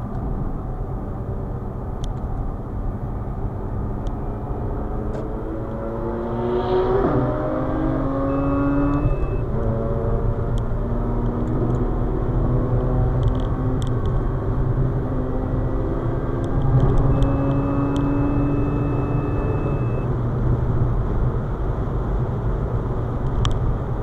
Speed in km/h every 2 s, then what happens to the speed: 86, 96, 109, 121, 132, 142, 148, 153, 164, 168, 167, 150.
0-17 speeds up to 168. 20-24 brakes to 150.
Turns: none.